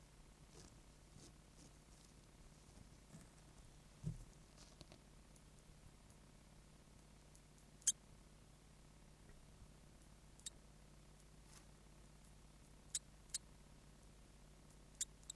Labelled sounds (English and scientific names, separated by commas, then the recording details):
European Water Vole (Arvicola amphibius) call
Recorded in captivity
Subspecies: terrestris
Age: juvenile
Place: Zoologisches Institut der HUB, Berlin, DE
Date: 1969-10-14
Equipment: Studiomaschine, Kondensatormikrofon
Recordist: Johst, Volker